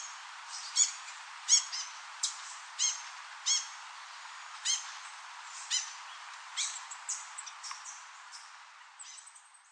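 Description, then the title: Rufous-headed tanager calls, sharp high chips repeated roughly every half to one second, fading toward the end over a steady background hiss. "LuckyPassaro Completos2Sama. Rufous-headed Tanager (Hemithraupis ruficapilla)"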